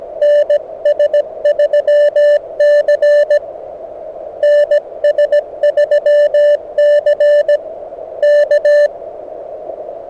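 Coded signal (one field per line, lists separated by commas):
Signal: Morse code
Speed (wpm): 17 wpm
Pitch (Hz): 590 Hz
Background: none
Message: NS3C NS3C K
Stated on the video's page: Beginner CW SOTA activation on 40 m and 30 m with an HF antenna on the summit, under bad QSB.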